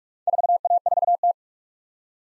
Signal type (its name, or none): Morse code